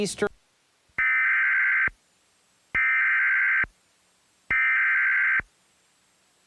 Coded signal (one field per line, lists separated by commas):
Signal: Emergency Alert System (SAME) tones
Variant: header bursts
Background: speech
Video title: EAS/EBS history part 2 (2001-2010) (LOUD SOUND WARNING)